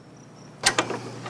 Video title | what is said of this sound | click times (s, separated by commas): 12 Vehicle Survival | hear that little click? That means it's ready for the next pressure stroke. | 0.7 s, 0.8 s